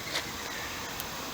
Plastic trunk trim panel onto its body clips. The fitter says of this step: to where it's lined up with the clips and push it down into place it'll just snap right in